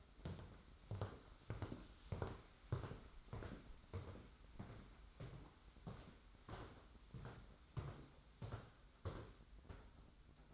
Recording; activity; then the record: daily activity, microphone in the room; walk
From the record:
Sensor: 3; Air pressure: 991.6 hPa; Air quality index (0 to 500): 181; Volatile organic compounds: 1000 ppm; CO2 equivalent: 6045 ppm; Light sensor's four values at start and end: 37/108/44/38 and 38/108/44/38